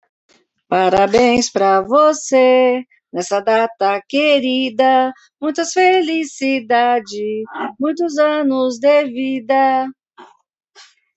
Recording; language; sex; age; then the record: short text; Brazilian Portuguese; female; 40 to 49 years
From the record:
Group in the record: control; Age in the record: 49 years